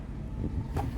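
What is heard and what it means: During a filter change with a new gasket, a filter or housing cover is pushed into the filter housing on a vehicle. A steady low rumble with wind-like noise is heard, with a brief broadband burst around 0.8 s. Nothing has seated or clicked yet.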